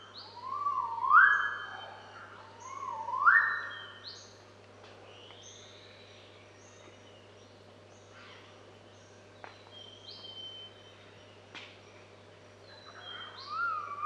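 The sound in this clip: Magnificent riflebird calls: two strong, rising whistled sweeps, then quieter mixed bird chirps and whistles over a steady low hum, with a fainter rising whistle at the end.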